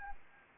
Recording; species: mosquito wingbeat signal from an infrared sensor; Anopheles arabiensis